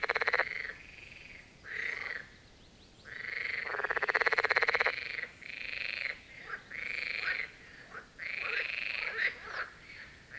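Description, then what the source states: Marsh frogs croaking in chorus: loud, rapid rattling bursts overlap and follow closely, some lasting nearly two seconds, with brief gaps between. A chorus at the Birkensee, Schönbuch, Germany, recorded on one of the first proper hot summer days of 2023.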